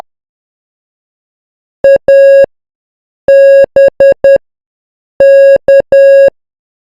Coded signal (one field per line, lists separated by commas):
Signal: Morse code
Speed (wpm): 10 wpm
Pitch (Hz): 550 Hz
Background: none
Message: ABK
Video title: Amateur-Radio: Morse Code Alphabet from A to Z 10 WPM